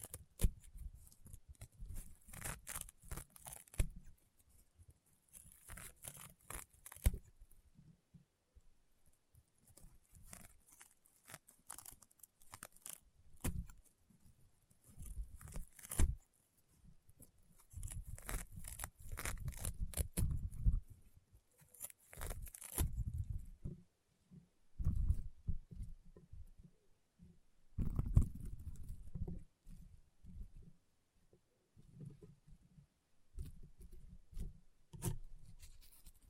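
Crunchy, popping slime being squeezed and pressed, with bursts of crackling that come in clusters every few seconds. Sharp bright snaps ride over soft low squelches, and short quiet gaps separate the busier stretches throughout.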